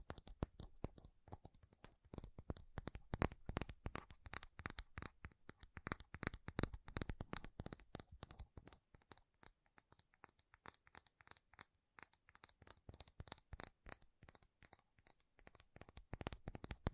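Fast, furious tapping on metal, a dense stream of sharp clicks that run together in quick bursts. The taps are bright and crisp, varying in strength, with slightly sparser patches around the middle before the pace thickens again toward the end.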